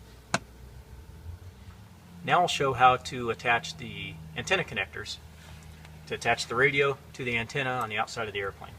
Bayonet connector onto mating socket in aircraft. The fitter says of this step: push down on it then rotate the outer barrel until it clicks into place